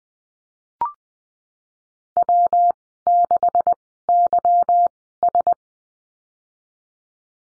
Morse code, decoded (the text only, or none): W 6 Y S